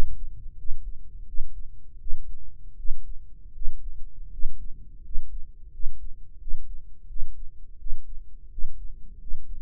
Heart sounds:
heart sounds by microphone in the right ear; 84 bpm
0.57 s: heartbeat
1.26 s: heartbeat
1.98 s: heartbeat
2.76 s: heartbeat
3.53 s: heartbeat
4.30 s: heartbeat
5.02 s: heartbeat
5.71 s: heartbeat
6.39 s: heartbeat
7.07 s: heartbeat
7.77 s: heartbeat
8.49 s: heartbeat
9.18 s: heartbeat
From the record:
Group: healthy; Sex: male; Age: 23 years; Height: 179 cm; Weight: 87 kg

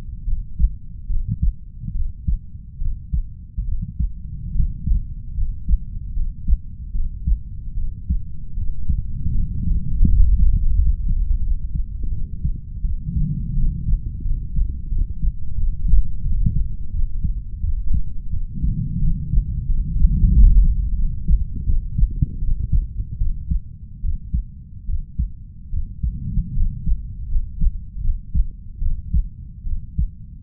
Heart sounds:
heart sounds by stethoscope; 80 bpm
0.24 s: heartbeat
1.06 s: heartbeat
1.92 s: heartbeat
2.78 s: heartbeat
3.64 s: heartbeat
4.51 s: heartbeat
5.34 s: heartbeat
6.13 s: heartbeat
6.91 s: heartbeat
7.74 s: heartbeat
8.54 s: heartbeat
9.31 s: heartbeat
10.03 s: heartbeat
10.73 s: heartbeat
11.39 s: heartbeat
12.09 s: heartbeat
12.82 s: heartbeat
13.54 s: heartbeat
14.22 s: heartbeat
14.89 s: heartbeat
15.55 s: heartbeat
16.22 s: heartbeat
16.91 s: heartbeat
17.61 s: heartbeat
18.30 s: heartbeat
18.99 s: heartbeat
19.66 s: heartbeat
20.31 s: heartbeat
20.95 s: heartbeat
21.64 s: heartbeat
22.39 s: heartbeat
23.18 s: heartbeat
24.01 s: heartbeat
24.86 s: heartbeat
25.70 s: heartbeat
26.53 s: heartbeat
27.28 s: heartbeat
28.01 s: heartbeat
28.79 s: heartbeat
29.63 s: heartbeat
From the record:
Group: healthy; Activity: rest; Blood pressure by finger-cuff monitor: 113/59 mmHg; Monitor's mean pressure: 74 mmHg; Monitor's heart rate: 77 bpm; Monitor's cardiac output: 6.3 L/min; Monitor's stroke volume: 81 mL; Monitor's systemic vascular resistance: 810 dyn s/cm5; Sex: female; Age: 32 years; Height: 168 cm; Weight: 61.9 kg

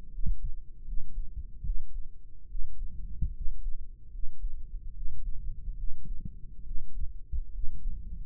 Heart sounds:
heart sounds by microphone in the right ear; 73 bpm
0.08 s: heartbeat
0.82 s: heartbeat
1.60 s: heartbeat
2.45 s: heartbeat
3.30 s: heartbeat
4.08 s: heartbeat
4.90 s: heartbeat
5.73 s: heartbeat
6.61 s: heartbeat
7.49 s: heartbeat
From the record:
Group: healthy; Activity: rest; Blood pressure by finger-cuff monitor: 93/70 mmHg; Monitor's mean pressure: 77 mmHg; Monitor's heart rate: 73 bpm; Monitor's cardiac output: 5.1 L/min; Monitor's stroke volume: 69 mL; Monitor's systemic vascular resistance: 1090 dyn s/cm5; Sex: male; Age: 20 years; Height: 187 cm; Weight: 68.9 kg

